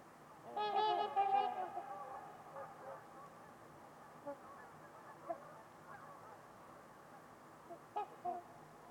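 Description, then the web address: Trumpeter swan giving a loud run of brassy, trumpeting honks near the start, then faint scattered calls and two more honks near the end. Trumpeter swans on a winter evening at Winters Lake in a deep, silent valley with distant white noise. "Trumpeter Swans on a Winter's Eve. Wind Is the Original Radio. Winters-Lake-with-Swan"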